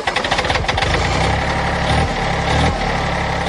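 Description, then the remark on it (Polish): A tractor engine idles with a steady, low chugging rumble, its rapid knocking pulses most distinct at the start, running loud and unbroken with no voices. “Chciałoby się powiedzieć, każdy kraj ma swój kultowy ciągnik.”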